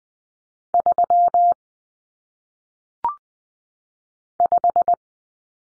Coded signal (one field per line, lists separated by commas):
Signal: Morse code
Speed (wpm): 20 wpm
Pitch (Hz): 700 Hz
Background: none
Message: 3 5